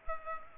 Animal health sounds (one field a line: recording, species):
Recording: mosquito wingbeat signal from an infrared sensor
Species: Culex pipiens